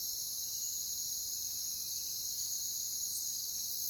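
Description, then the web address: Crickets chirp in a steady, shrill high-pitched chorus that runs unbroken throughout. "WLL Grade 1-12 Pre-Uni Library Natures Songs Sleep Sounds of Nature CRICKETS Crickets"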